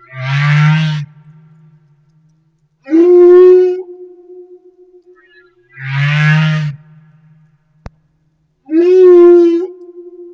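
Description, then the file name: Humpback whale song: a low buzzy moan alternates with a higher, wavering, harmonic cry, and the pair comes twice in about ten seconds. Recorded off Madagascar. "Humpback Whale - Madagascar Whale One"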